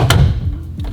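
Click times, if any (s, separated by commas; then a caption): 0.1 s. A plastic dashboard panel with two locating tabs is pushed into the dash of a VW T3 and clips home with a sharp click at 0.1 s. A fainter tap follows near 0.8 s over a low rumble, and the panel is fully seated.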